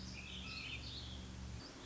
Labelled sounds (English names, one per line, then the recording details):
Warbling Vireo
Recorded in Sonoma County, California